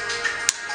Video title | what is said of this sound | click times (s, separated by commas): Metabo нож Поражающий своим высоким качеством недорогой мультитул | раз, щелчок произошел, да, и | 0.5 s